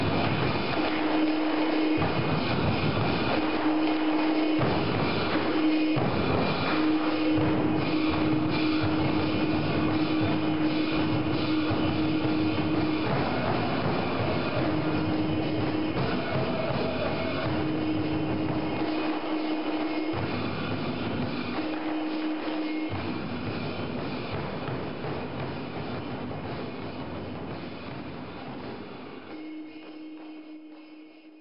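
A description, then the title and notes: A drum show plays as a dense, relentless rolling rumble with a steady ringing tone cutting in and out, fading slightly near the end. The daily drum show concert in the Drum Tower of Xi'an, China.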